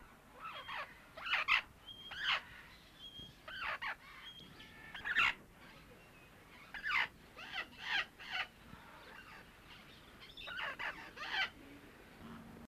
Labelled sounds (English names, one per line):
White-fronted Parrot call